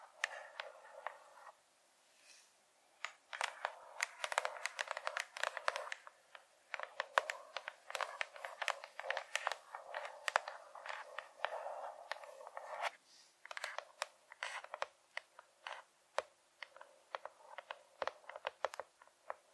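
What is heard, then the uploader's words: Light, scratchy tapping with fingernails. Quick clicks and short scrapes come in dense, irregular bursts, busiest between about three and thirteen seconds, then thin to scattered taps. The sound is bright and dry, with nothing low underneath. ASMR Best Tapping Ever Light Tapping （No Talking） scratchy Tapping.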